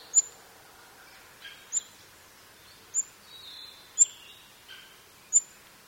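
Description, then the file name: Olive-backed pipit calls: thin, very high, sharp notes repeated about once a second, with a few softer buzzy notes between, over steady outdoor hiss. "binzui"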